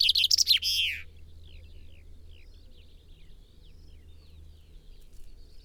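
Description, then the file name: Common chaffinch song: a loud, rapid run of notes falling in pitch during the first second, then faint, scattered notes over a low rumble. "Fringilla coelebs"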